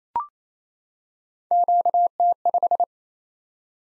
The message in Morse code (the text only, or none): QT5